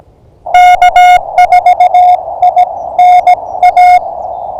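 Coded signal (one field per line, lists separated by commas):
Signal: Morse code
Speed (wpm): 17 wpm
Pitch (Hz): 720 Hz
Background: radio noise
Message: K4INA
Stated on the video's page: Unedited Morse pile-up during an early-morning Parks on the Air activation at a Kentucky state nature preserve.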